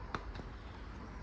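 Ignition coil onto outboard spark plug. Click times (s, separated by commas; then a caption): 0.2 s. An ignition coil boot is pressed down onto the spark plug of an outboard engine after a compression test. A single sharp click is heard at 0.1 s, with a fainter sound near 0.4 s, over a steady low background. The coil boot seats on the plug.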